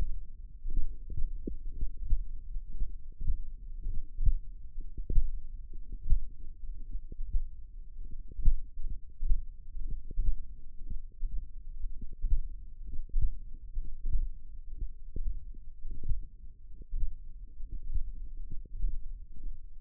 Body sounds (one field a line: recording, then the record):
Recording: forearm muscle sounds (acoustic myography)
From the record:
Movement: tripod grip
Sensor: system 1, eight BSWA MPA416 microphones around the upper forearm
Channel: 8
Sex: male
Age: 23 years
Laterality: right